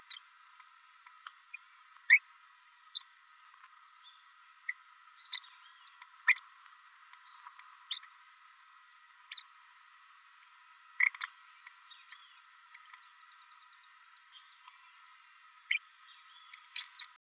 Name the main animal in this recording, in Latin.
Forpus passerinus